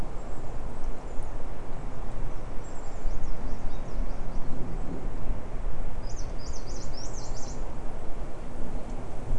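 Bird calls in two brief bursts of high, jittery zigzag notes, with a broad low rumble of noise running throughout.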